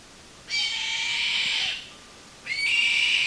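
Bird screeching twice, long raspy hisses, the first over a second long, with a quiet gap between them.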